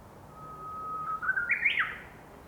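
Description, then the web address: Japanese bush warbler singing one phrase, a drawn-out level whistle that breaks into a sharp, higher, warbled ending near the close. "torimoti uguisu"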